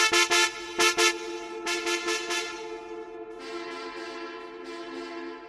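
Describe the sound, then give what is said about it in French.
A distant car horn honks frantically in quick, blaring bursts, two volleys of short toots followed by a long, steadier, slightly softer blast. No voices are heard. “comme si elle devinait qu'on parlait d'elle, lance dans le lointain des coups de klaxon éperdus.”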